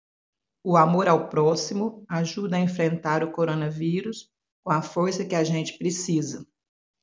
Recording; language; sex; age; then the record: spoken sentence; Brazilian Portuguese; female; 50 to 59 years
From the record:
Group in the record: control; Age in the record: 57 years